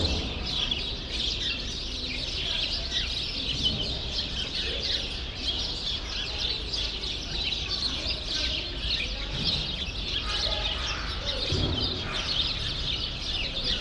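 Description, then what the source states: Sparrows twittering continuously, a thick mass of short chirps from many birds, with scattered lower calls. Sparrows in a grove at Rue Saint-Jean Népomucène 13, Brussels, Belgium, recorded with Earsight V2 AB microphones into a Mixpre-3.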